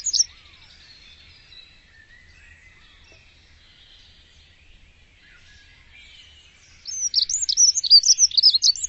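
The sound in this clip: A bird gives a soft, faint warble for several seconds, then breaks into loud, rapid, high chirps and twitters near the end.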